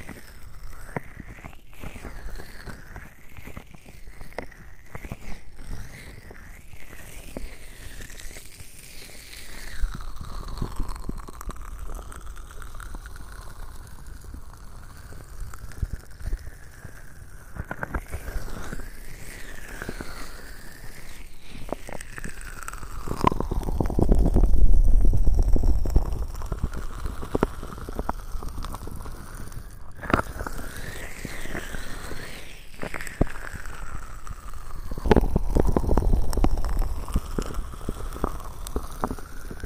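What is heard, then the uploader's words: Hands rub lotion over the ears in a wet, squishy massage with continuous slick friction and sliding strokes that rise and fall in pitch. The rubbing swells into heavier, deeper muffled pressure around 24–26 seconds and again near 36 seconds, with small clicks and smacks scattered throughout. ASMR 3Dio Lotion Ear Massage.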